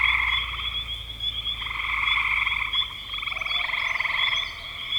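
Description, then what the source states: Frogs trilling together in a thick chorus, rapid pulsed calls overlapping, with a faint low hum at the start. Frogs in spring 2025.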